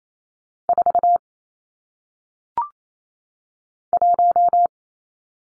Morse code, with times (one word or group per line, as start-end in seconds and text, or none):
0.7-1.2 4
3.9-4.7 1